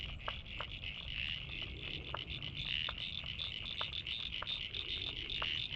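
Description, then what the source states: Frogs in a pulsing high chorus, with repeated crisp clicks over faint low background noise. Frogs recorded at North Head, Sydney, Australia.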